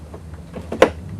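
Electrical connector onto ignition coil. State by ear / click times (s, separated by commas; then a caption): seated / 0.8 s. An electrical connector in the engine bay of an Audi A4 B5 1.8T (AEB/ATW engine), probably on the ignition coil, is pushed onto its plastic socket. After faint taps near 0.1 s and 0.7 s, a sharp bright click at 0.8 s marks the connector latching into place, fully seated.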